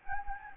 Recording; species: mosquito wingbeat signal from an infrared sensor; Anopheles gambiae